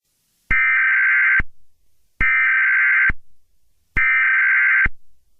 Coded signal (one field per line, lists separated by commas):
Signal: Emergency Alert System (SAME) tones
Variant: header bursts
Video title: EAS scenario 18: Halloween Horror part 3 (final chapter)